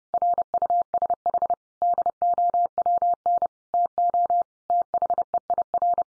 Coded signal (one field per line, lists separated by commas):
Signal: Morse code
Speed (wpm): 30 wpm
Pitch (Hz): 700 Hz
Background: none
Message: RUSH DOWN TO THEIR